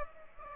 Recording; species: mosquito wingbeat signal from an infrared sensor; Aedes aegypti